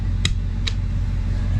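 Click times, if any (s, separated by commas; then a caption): 0.2 s, 0.7 s. A spring-loaded T-nut fitting on a bus seat mount is pushed and twisted into the floor rail. It gives two sharp metallic clicks at 0.3 s and 0.7 s over a steady low hum, and it locks into place.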